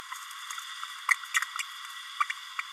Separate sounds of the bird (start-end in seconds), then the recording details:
1.34-1.40, 2.20-2.24. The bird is a female. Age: 30 days. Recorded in a nest box in Venezuela. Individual 17B32A7